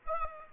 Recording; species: mosquito wingbeat signal from an infrared sensor; Aedes aegypti